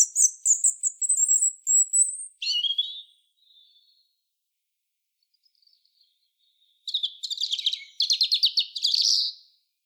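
European robin song: high thin whistled notes near the top of the range, then a drop to lower warbled notes, a pause, and a final fast trilling, jingling phrase.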